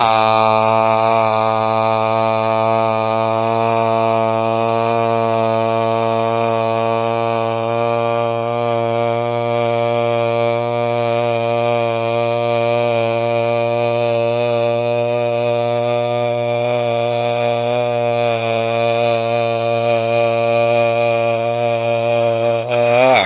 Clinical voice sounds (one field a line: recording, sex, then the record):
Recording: sustained vowel /a/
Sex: male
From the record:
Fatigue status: no fatigue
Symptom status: asymptomatic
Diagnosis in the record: COVID-19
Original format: 3gp